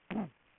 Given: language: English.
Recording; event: throat vibration sensor signal played as sound; throat clearing